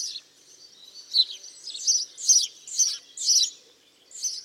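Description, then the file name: House sparrow calls, harsh repeated chirps about twice a second, uneven in timing and loudness. "Passer domesticus"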